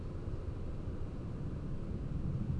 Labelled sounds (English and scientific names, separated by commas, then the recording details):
none
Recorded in Germany
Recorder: ecoPi